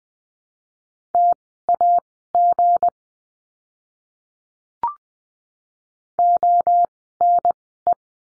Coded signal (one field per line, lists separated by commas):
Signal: Morse code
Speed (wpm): 20 wpm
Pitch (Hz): 700 Hz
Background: none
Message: TAG ONE